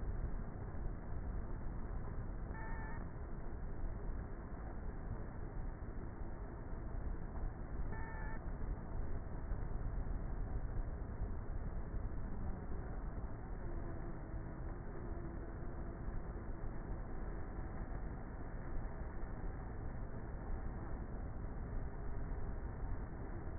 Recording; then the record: honeybee colony, microphone inside the hive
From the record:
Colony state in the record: queenless with a low population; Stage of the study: before two queens were removed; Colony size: about 30,000 bees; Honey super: no